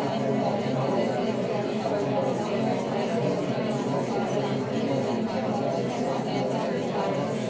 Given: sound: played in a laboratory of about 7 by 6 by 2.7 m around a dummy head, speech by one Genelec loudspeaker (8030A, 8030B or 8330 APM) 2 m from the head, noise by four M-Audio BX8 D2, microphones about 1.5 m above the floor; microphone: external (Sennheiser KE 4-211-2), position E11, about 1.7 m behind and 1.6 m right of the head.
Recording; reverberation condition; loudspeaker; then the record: babble noise; low; four, about 170 cm from the corners of the room and facing them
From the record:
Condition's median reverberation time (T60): about 310 ms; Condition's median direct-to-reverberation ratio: about 3.5 dB